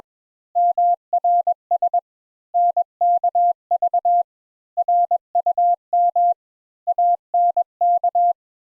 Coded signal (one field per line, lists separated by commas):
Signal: Morse code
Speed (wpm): 21 wpm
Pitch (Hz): 700 Hz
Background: none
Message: MRS NKV RUM ANK